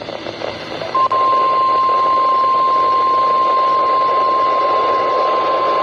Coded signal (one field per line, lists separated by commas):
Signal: Emergency Alert System (SAME) tones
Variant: 1050 Hz attention tone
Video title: When The Tests Are High | EAS Tests From 4/19-20/2022 (EAS #1,399-1,403)